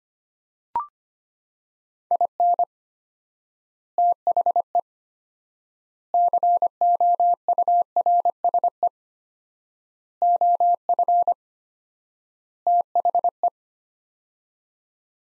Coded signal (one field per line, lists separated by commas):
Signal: Morse code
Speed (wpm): 25 wpm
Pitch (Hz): 700 Hz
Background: none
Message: IN THE COURSE OF THE